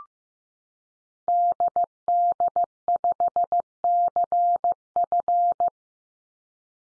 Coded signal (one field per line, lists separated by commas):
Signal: Morse code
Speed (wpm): 15 wpm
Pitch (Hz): 700 Hz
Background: none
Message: DD5CF